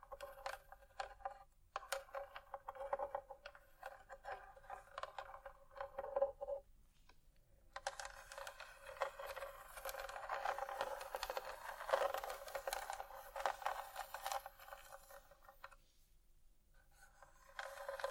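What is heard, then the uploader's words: Scratching sounds come in quick, dense bursts of dry, papery scraping with a bright hiss, roughly steady from start to finish. Brief pauses break the texture near 7 seconds and again around 16 seconds, and a louder, fuller stretch runs from about 8 to 15 seconds. ASMR Scratching.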